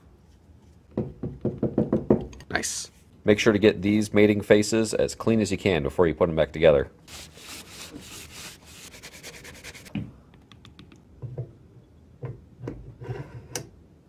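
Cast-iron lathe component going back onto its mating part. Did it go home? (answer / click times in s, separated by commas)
no / none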